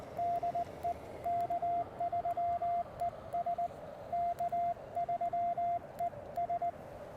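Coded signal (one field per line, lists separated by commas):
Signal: Morse code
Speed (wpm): 20 wpm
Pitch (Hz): 690 Hz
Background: radio noise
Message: DE K3ES K3ES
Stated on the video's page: QRP CW during a park activation, using an Elecraft K1 and a homebrew 29.5-foot end-fed random wire with a 17-foot counterpoise.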